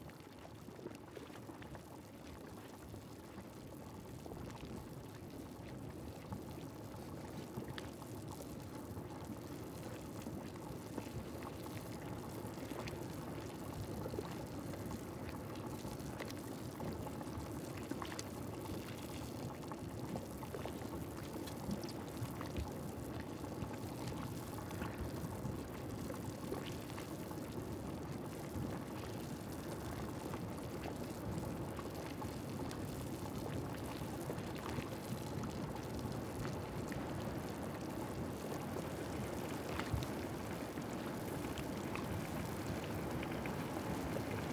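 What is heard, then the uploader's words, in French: Rushing water pours and churns without pause, a dense, steady roar weighted in the low and middle range with a fine hiss above. The level holds almost flat for the whole stretch, rising slightly toward the end, with faint splashes and crackles scattered throughout. Presque rien > Islande.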